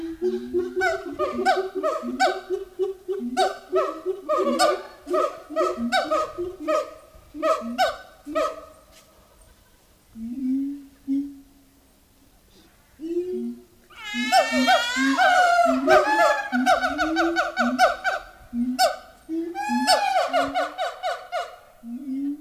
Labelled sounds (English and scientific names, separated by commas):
Siamang (Symphalangus syndactylus)